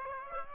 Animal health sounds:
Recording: mosquito wingbeat signal from an infrared sensor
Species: Aedes aegypti

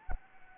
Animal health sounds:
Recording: mosquito wingbeat signal from an infrared sensor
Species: Anopheles gambiae

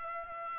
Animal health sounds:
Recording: mosquito wingbeat signal from an infrared sensor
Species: Aedes aegypti

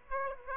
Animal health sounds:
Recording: mosquito wingbeat signal from an infrared sensor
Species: Aedes aegypti

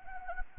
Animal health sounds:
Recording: mosquito wingbeat signal from an infrared sensor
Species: Anopheles gambiae

